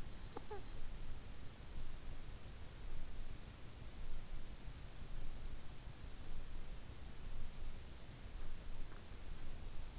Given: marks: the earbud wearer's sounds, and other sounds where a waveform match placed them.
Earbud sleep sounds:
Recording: sounds in sleep by an in-ear microphone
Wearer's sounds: snoring breath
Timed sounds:
0.00-0.98 s: snoring breath

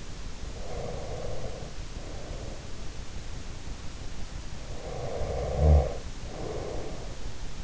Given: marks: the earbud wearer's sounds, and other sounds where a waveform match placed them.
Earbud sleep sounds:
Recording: sounds in sleep by an in-ear microphone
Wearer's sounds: breath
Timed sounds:
0.34-3.17 s: breath
4.55-7.64 s: breath

